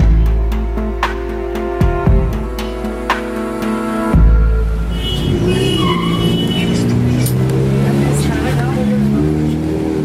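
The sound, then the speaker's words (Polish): A large, worn cherry-red number 35 bus's engine rumbles and idles with clattering mechanical noises on Ejército street in Peru, then gives way to busy street traffic with passing cars and a steady low roar, voices faintly mixed in. “Wysiadam na ulicy Ejercito z całkiem sporego, choć zdezelowanego wiśniowego autobusu o numerze 35.”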